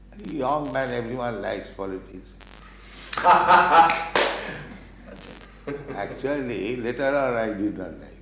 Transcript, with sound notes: Young men, everyone likes politics. [laughs]
Ācchā.
Actually, later on, I did not like.